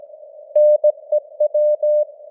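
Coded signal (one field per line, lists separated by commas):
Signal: Morse code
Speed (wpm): 17 wpm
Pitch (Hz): 600 Hz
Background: none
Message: NEW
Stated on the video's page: Simulated Morse news headlines at 17 wpm with simulated radio noise and fading (QSB); experimental.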